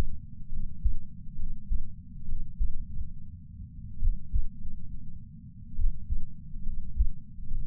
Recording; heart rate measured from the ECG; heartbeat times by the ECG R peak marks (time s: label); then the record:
heart sounds by patch sensor on the chest; 69 bpm
0.49 s: heartbeat
1.36 s: heartbeat
2.25 s: heartbeat
2.70 s: heartbeat
4.00 s: heartbeat
4.57 s: heartbeat
5.76 s: heartbeat
6.63 s: heartbeat
7.48 s: heartbeat
From the record:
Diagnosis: coronary artery disease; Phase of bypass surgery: intraoperative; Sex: male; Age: 69 years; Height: 165 cm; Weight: 60 kg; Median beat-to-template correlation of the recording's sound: 0.76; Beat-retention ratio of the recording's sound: 0.99